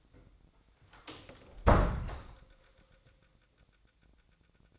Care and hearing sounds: daily activity, microphone in the room; close door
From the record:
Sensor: 3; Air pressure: 1009.3 hPa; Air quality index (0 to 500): 198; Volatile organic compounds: 4 ppm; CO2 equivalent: 1595 ppm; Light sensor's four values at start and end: 43/114/49/50 and 43/114/49/49

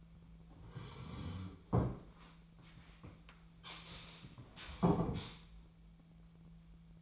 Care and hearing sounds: daily activity, microphone in the room; sit down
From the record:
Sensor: 1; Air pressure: 1007.9 hPa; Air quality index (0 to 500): 192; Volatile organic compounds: 17 ppm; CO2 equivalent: 2598 ppm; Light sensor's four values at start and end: 13/32/13/14 and 13/33/13/15

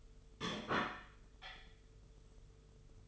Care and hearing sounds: daily activity, microphone in the room; place plate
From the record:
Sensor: 4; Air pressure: 995.2 hPa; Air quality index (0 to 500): 197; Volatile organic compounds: 137 ppm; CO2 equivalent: 3964 ppm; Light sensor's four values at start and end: 10/24/9/10 and 10/24/9/10

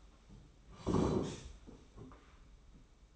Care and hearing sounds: daily activity, microphone in the room; sit down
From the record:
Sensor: 1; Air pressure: 991.7 hPa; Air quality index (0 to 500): 157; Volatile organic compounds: 1000 ppm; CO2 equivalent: 5830 ppm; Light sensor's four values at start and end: 30/100/39/39 and 31/103/40/41

